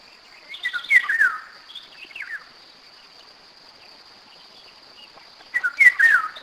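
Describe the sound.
Eurasian golden oriole song: fluting, yodelling whistled phrases falling and rising, three bursts with pauses, over a steady high thin whine and a few sharp clicks.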